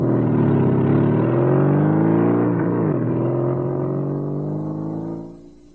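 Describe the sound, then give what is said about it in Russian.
A motorcycle, wheeled out of a yard and ridden away, drones loudly with a low, throbbing hum, its pitch dipping and climbing midway as it revs, then the sound trails off and drops away at the end. “выкатывает со двора мотоцикл. Уезжает.”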